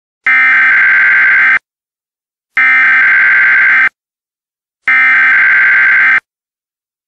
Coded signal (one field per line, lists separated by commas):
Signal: Emergency Alert System (SAME) tones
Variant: header bursts